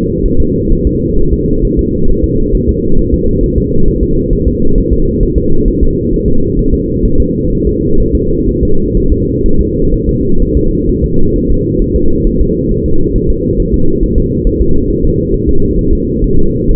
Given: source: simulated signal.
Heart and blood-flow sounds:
fetal heart sounds
0.26 s: S1
0.40 s: S2
0.73 s: S1
0.87 s: S2
1.19 s: S1
1.33 s: S2
1.65 s: S1
1.79 s: S2
2.10 s: S1
2.24 s: S2
2.55 s: S1
2.69 s: S2
2.99 s: S1
3.14 s: S2
3.44 s: S1
3.58 s: S2
3.88 s: S1
4.03 s: S2
4.33 s: S1
4.48 s: S2
4.78 s: S1
4.93 s: S2
5.23 s: S1
5.38 s: S2
5.68 s: S1
5.83 s: S2
6.13 s: S1
6.28 s: S2
6.59 s: S1
6.74 s: S2
7.05 s: S1
7.20 s: S2
7.53 s: S1
7.67 s: S2
8.00 s: S1
8.15 s: S2
8.49 s: S1
8.63 s: S2
8.97 s: S1
9.12 s: S2
9.46 s: S1
9.61 s: S2
9.94 s: S1
10.09 s: S2
10.42 s: S1
10.57 s: S2
10.90 s: S1
11.04 s: S2
11.36 s: S1
11.50 s: S2
11.82 s: S1
11.96 s: S2
12.27 s: S1
12.41 s: S2
12.72 s: S1
12.86 s: S2
13.16 s: S1
13.30 s: S2
13.60 s: S1
13.74 s: S2
14.03 s: S1
14.18 s: S2
14.47 s: S1
14.61 s: S2
14.91 s: S1
15.05 s: S2
15.34 s: S1
15.49 s: S2
15.79 s: S1
15.93 s: S2
16.24 s: S1
16.39 s: S2
16.71 s: S1
From the record:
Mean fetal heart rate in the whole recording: 130 bpm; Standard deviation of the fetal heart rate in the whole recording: 4 bpm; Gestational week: 38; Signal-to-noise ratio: -19.1 dB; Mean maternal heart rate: 72 bpm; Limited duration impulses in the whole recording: present

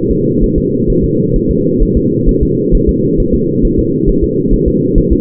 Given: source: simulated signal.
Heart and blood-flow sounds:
fetal heart sounds
0.11 s: S2
0.44 s: S1
0.58 s: S2
0.90 s: S1
1.04 s: S2
1.36 s: S1
1.51 s: S2
1.83 s: S1
1.97 s: S2
2.29 s: S1
2.43 s: S2
2.75 s: S1
2.89 s: S2
3.20 s: S1
3.34 s: S2
3.65 s: S1
3.79 s: S2
4.09 s: S1
4.24 s: S2
4.53 s: S1
4.68 s: S2
4.98 s: S1
5.13 s: S2
From the record:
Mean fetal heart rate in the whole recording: 130 bpm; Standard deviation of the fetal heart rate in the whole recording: 4 bpm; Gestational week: 38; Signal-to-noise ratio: -11.2 dB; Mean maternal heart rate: 72 bpm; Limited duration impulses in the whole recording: present

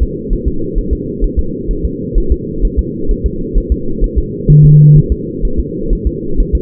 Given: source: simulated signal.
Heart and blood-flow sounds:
fetal heart sounds
0.03 s: S2
0.33 s: S1
0.48 s: S2
0.78 s: S1
0.93 s: S2
1.24 s: S1
1.39 s: S2
1.71 s: S1
1.85 s: S2
2.18 s: S1
2.32 s: S2
2.65 s: S1
2.79 s: S2
3.11 s: S1
3.26 s: S2
3.58 s: S1
3.72 s: S2
4.04 s: S1
4.18 s: S2
4.50 s: S1
4.65 s: S2
4.97 s: S1
5.12 s: S2
5.45 s: S1
5.59 s: S2
5.93 s: S1
6.07 s: S2
6.40 s: S1
6.55 s: S2
From the record:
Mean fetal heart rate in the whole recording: 130 bpm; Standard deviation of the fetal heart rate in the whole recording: 4 bpm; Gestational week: 38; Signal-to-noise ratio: -8.1 dB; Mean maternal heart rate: 72 bpm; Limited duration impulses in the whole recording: present

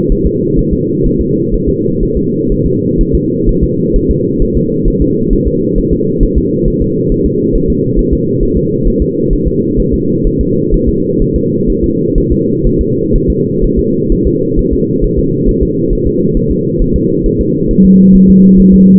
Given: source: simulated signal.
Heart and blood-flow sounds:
fetal heart sounds
0.12 s: S1
0.27 s: S2
0.59 s: S1
0.73 s: S2
1.06 s: S1
1.21 s: S2
1.54 s: S1
1.69 s: S2
2.03 s: S1
2.17 s: S2
2.52 s: S1
2.66 s: S2
3.01 s: S1
3.15 s: S2
3.49 s: S1
3.64 s: S2
3.96 s: S1
4.11 s: S2
4.42 s: S1
4.57 s: S2
4.88 s: S1
5.02 s: S2
5.33 s: S1
5.48 s: S2
5.78 s: S1
5.93 s: S2
6.23 s: S1
6.38 s: S2
6.68 s: S1
6.82 s: S2
7.12 s: S1
7.26 s: S2
7.55 s: S1
7.70 s: S2
7.99 s: S1
8.13 s: S2
8.43 s: S1
8.57 s: S2
8.88 s: S1
9.02 s: S2
9.33 s: S1
9.48 s: S2
9.80 s: S1
9.94 s: S2
10.27 s: S1
10.41 s: S2
10.74 s: S1
10.89 s: S2
11.22 s: S1
11.36 s: S2
11.70 s: S1
11.84 s: S2
12.18 s: S1
12.32 s: S2
12.66 s: S1
12.81 s: S2
13.16 s: S1
13.30 s: S2
13.64 s: S1
13.79 s: S2
14.12 s: S1
14.27 s: S2
14.59 s: S1
14.73 s: S2
15.04 s: S1
15.19 s: S2
15.49 s: S1
15.63 s: S2
15.93 s: S1
16.07 s: S2
16.37 s: S1
16.52 s: S2
16.82 s: S1
16.96 s: S2
17.26 s: S1
17.41 s: S2
17.71 s: S1
17.85 s: S2
18.15 s: S1
18.30 s: S2
18.60 s: S1
18.74 s: S2
From the record:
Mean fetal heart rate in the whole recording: 130 bpm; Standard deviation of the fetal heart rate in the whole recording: 4 bpm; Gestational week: 38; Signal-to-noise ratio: -11.2 dB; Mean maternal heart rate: 72 bpm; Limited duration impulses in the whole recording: present

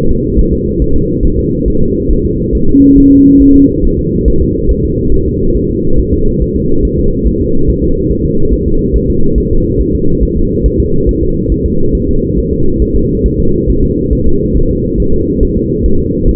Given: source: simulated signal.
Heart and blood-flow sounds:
fetal heart sounds
0.11 s: S2
0.39 s: S1
0.53 s: S2
0.82 s: S1
0.96 s: S2
1.25 s: S1
1.39 s: S2
1.68 s: S1
1.82 s: S2
2.11 s: S1
2.25 s: S2
2.55 s: S1
2.69 s: S2
2.98 s: S1
3.12 s: S2
3.42 s: S1
3.56 s: S2
3.85 s: S1
3.99 s: S2
4.28 s: S1
4.42 s: S2
4.71 s: S1
4.85 s: S2
5.14 s: S1
5.28 s: S2
5.57 s: S1
5.71 s: S2
6.00 s: S1
6.14 s: S2
6.42 s: S1
6.56 s: S2
6.85 s: S1
6.99 s: S2
7.27 s: S1
7.41 s: S2
7.70 s: S1
7.84 s: S2
8.12 s: S1
8.26 s: S2
8.54 s: S1
8.68 s: S2
8.96 s: S1
9.10 s: S2
9.38 s: S1
9.52 s: S2
9.81 s: S1
9.95 s: S2
10.23 s: S1
10.37 s: S2
10.66 s: S1
10.80 s: S2
11.09 s: S1
11.23 s: S2
11.52 s: S1
11.66 s: S2
11.95 s: S1
12.09 s: S2
12.39 s: S1
12.53 s: S2
12.82 s: S1
12.96 s: S2
13.26 s: S1
13.40 s: S2
13.70 s: S1
13.84 s: S2
14.13 s: S1
14.27 s: S2
14.57 s: S1
14.71 s: S2
15.00 s: S1
15.14 s: S2
15.43 s: S1
15.57 s: S2
15.86 s: S1
16.00 s: S2
16.29 s: S1
From the record:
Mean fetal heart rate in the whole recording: 140 bpm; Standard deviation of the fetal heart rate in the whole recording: 2 bpm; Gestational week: 34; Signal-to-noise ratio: -17.7 dB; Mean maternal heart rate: 72 bpm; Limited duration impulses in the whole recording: present

